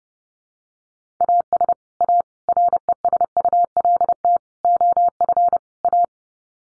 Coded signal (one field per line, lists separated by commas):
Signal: Morse code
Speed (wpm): 30 wpm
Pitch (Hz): 700 Hz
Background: none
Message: AS A RESULT OF A